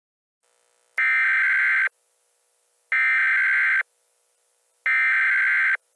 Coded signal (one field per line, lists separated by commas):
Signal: Emergency Alert System (SAME) tones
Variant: header bursts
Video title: Caillou makes a fake eas/grounded (MOST VIEWED VIDEO!)